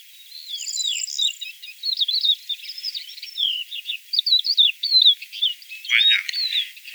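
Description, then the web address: Crested lark song, a hurried jumble of thin whistles and slurred chirps, with a brief higher note early on and a short louder burst near the end, over faint hiss. "songs galerida cristata call"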